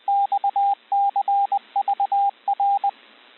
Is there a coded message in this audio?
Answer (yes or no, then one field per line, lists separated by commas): yes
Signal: Morse code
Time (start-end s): 0.1-2.9 s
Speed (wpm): 20 wpm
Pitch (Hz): 800 Hz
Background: radio noise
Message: XCVR